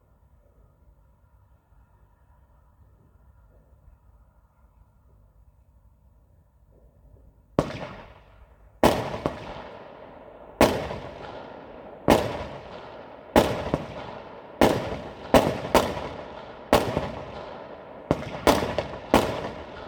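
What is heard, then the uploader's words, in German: New Year's Eve fireworks: after about seven seconds of near quiet with a faint low hum, sharp bangs begin at 7.5 seconds and repeat every second or two until the end. Each crack rings out and fades, with booms overlapping toward the close. Silvesternacht: Feuerwerk und Freude.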